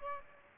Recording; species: mosquito wingbeat signal from an infrared sensor; Aedes aegypti